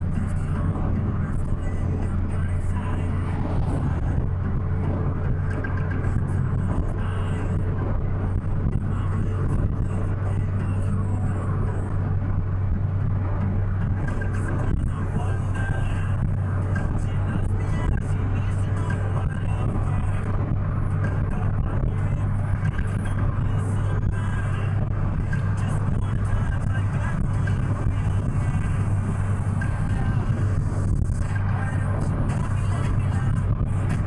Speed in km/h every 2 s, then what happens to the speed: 82, 83, 85, 87, 88, 88, 87, 87, 88, 89, 90, 91, 91, 91, 90, 90, 89.
0-7 speeds up to 88. 7-34 steady at about 89.